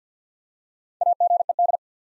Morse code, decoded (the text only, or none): AGED